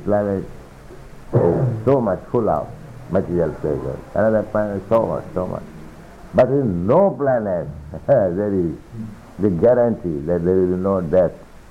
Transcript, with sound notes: this planet is so much full of material pleasure and other planets so much, so much. But in no planet [laughs] there is the guarantee that there will be no death.